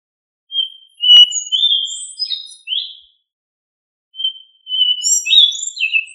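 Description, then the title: Thrush singing: phrases of sweet, flutelike whistles, some long and level, others quick and downslurred, with a pause of about a second between phrases. Family Turdidae. "Familia Turdidae - Sabia"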